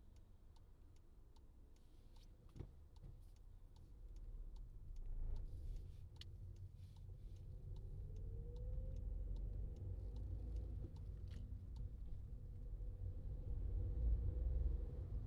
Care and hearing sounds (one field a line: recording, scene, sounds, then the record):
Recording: everyday scene through a hearing-aid microphone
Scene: in a vehicle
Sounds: engine, traffic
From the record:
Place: Skoda Fabia, gasoline engine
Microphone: in the ear canal, left